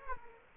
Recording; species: mosquito wingbeat signal from an infrared sensor; Aedes aegypti